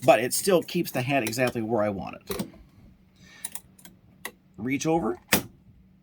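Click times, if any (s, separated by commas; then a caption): none. Someone talks while handling a cap fitted in a Hoop Tech Gen 2 hat hoop, then reaches over to the hoop's clamp latch; a few faint, short ticks and taps of handling are heard between about 3.4 and 4.3 seconds before the person talks again. The clip ends before the clamp locks over the cap, so nothing has seated or clicked yet.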